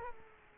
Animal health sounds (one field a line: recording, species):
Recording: mosquito wingbeat signal from an infrared sensor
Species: Culex quinquefasciatus